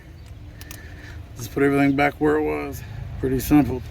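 The retaining clip on the intercooler pipe coupling of a 2017-2023 Ford F250 6.7L pickup truck is refitted after the new intercooler pipe is pushed onto its fitting. Two short, sharp clicks at 0.6 s and 0.7 s mark the clip snapping back on and seating. Someone then talks.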